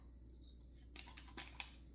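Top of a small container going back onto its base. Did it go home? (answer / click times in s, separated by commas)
yes / 1.6 s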